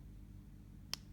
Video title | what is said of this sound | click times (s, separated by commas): Oticon Alta 2 Pro IIC walk through | feel indefinite click that | 0.9 s